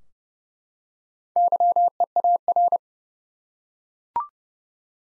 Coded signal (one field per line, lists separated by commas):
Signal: Morse code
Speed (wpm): 30 wpm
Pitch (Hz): 700 Hz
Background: none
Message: YEAR